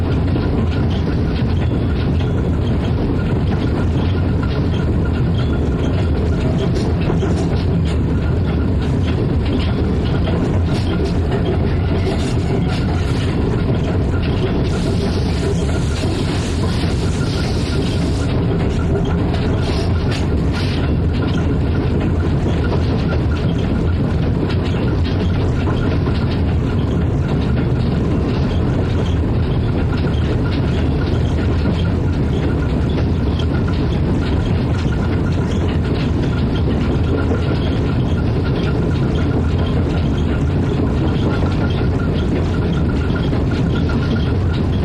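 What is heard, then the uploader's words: A steam locomotive rumbles steadily and close by for the whole stretch, a dense, low, churning roar with a constant mechanical clatter layered on top. Around the fifteen-second mark a brighter hiss rises briefly over the noise, then fades back into the unbroken din. Steam locomotive (Short), SL-C11 蒸気機関車、SL－C11（短編）.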